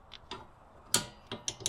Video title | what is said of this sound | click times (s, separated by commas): 2014-2015 Mazda 6 Rear Caliper Replacement - Stuck E-Brake Handbrake Mechanism - TSB Recall - | Alright, so we got that locked into place, and then we can, actually it'll be real easy. | 0.9 s